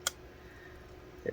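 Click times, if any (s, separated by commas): 0.1 s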